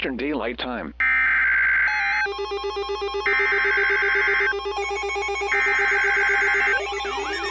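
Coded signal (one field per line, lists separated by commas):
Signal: Emergency Alert System (SAME) tones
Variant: header bursts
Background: speech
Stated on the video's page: Fictional EAS scenario.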